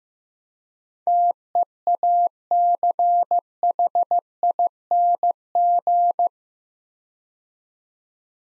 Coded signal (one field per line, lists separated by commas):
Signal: Morse code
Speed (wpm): 15 wpm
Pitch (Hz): 700 Hz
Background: none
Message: TEACHING